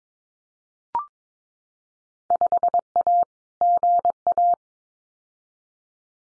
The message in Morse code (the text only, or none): 5A GA